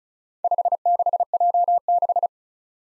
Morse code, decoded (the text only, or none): 56J6